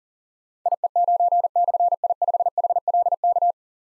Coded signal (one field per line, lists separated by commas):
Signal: Morse code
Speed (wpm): 41 wpm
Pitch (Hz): 700 Hz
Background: none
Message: IE9/I5HLK